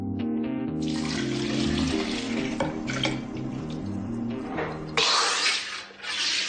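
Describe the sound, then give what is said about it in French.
Homemade fizzy cola, made with lemon juice, food alcohol and natural flavourings, is poured and stirred, a steady rushing hiss of liquid with a low tonal hum underneath, swelling into a brighter, louder fizzing burst toward the end. “Bon, on a les bulles, on a le liquide, ben, on va goûter.”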